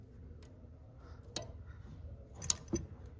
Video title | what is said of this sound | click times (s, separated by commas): 2019 GMC Duramax L5P P0206&P0300 service emissions system fix #l5p #duramax #like #gmc #automobile | I heard that click | 2.5 s